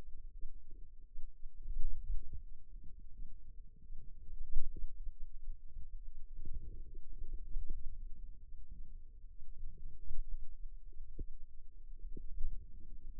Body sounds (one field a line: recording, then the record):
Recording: forearm muscle sounds (acoustic myography)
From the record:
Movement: hand opening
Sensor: system 2, bracelet of six BSWA MPA416 microphones around the upper forearm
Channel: 5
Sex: female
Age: 22 years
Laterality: right